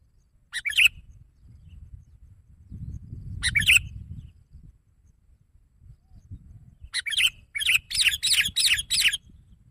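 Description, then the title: Sooty-headed bulbul giving short bursts of chirps, then a quick series of bright, buzzy notes at the end, over a low rumbling background. "kutilang"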